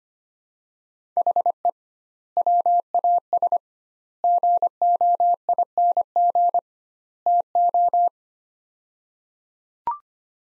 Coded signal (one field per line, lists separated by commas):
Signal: Morse code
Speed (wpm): 25 wpm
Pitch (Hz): 700 Hz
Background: none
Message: HE WAS GOING TO